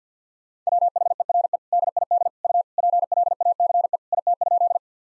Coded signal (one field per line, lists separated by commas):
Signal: Morse code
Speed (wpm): 50 wpm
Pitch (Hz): 700 Hz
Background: none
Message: WHERE DID U PLACE IT?